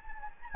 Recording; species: mosquito wingbeat signal from an infrared sensor; Anopheles gambiae